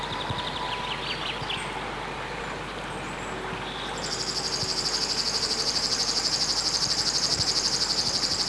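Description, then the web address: River warbler song: a high, dry, insect-like pulsing begins midway and continues steadily, fast and rhythmic, to the end. Song recorded in spring. "vremena vesna 19 rechnoi sverchok"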